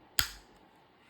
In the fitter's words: You have to pull these little tabs in until they click.